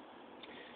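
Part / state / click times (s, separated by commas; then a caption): oven door lock latch into lower oven door / seated / 0.4 s. After self-clean starts on a Frigidaire double oven, the motorized lock on the lower oven door engages so the door can't be opened during the clean cycle. Over a steady hiss, one short click sounds at 0.4 s as the lock latches, and the lower door is locked.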